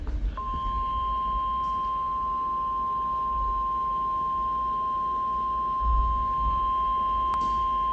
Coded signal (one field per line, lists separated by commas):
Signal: Emergency Alert System (SAME) tones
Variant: 1050 Hz attention tone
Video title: Severe Thunderstorm Warning [EAS #196]